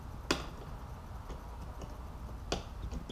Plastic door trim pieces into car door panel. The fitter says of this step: snaps in place make sure the door handle functions properly